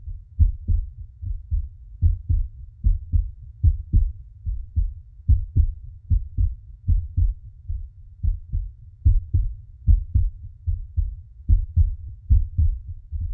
Heart sound.